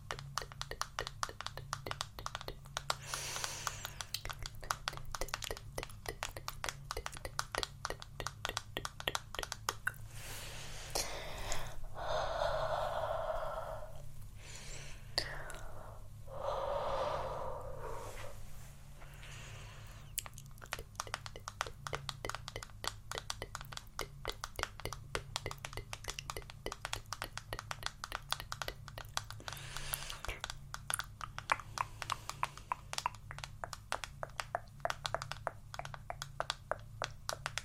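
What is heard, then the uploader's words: Rapid, crisp tongue clicking sounds very close to the microphone, packed densely and fairly evenly through most of the recording. Around the middle, the clicks thin out for several seconds into soft breathy mouth sounds and gasps, over a low, steady hum. ASMR Tingly Close Up Personal Attention Camera Tapping & Tongue Clicking.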